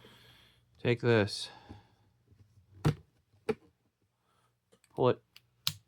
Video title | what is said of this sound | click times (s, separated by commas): THE HAUL My First Trip to Lowe's (in 10 years) Wiha Dewalt Spyder Dixon Bit Driver Extensions Impact | Snapped like you heard. | 5.7 s